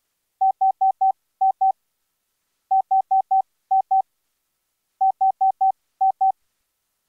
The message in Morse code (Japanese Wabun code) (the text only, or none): none